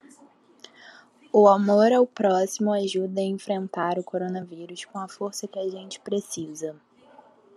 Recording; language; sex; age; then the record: spoken sentence; Brazilian Portuguese; female; 20 to 29 years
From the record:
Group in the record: control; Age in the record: 22 years